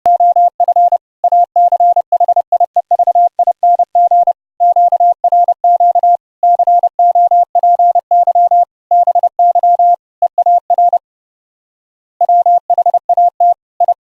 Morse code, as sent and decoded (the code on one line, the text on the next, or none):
--- ..-. / .- -.-. .... .. . ...- .. -. --. / --.- .-. --.- / -.-. --- .--. -.-- / -... -.-- / . .- .-. / .-- .... .- - / ..
OF ACHIEVING QRQ COPY BY EAR WHAT I